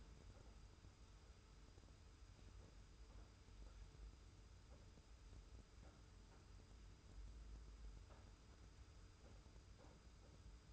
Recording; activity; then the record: daily activity, microphone in the room; wipe stove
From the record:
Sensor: 2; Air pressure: 991.4 hPa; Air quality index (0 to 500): 154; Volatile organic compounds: 541 ppm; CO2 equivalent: 4872 ppm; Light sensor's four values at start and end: 38/110/43/41 and 38/110/43/41